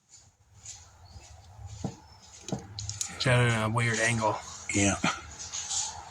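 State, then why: Not seated. A plastic plug on an old Mopar car wiring harness, its latch trigger just bent back out so it will catch again, is handled and pushed toward its mating connector at an awkward angle. Brief plastic handling taps are heard around 2.5, 2.8, 2.9 and 3.0 seconds while someone talks. Nothing has seated or clicked yet when the clip ends.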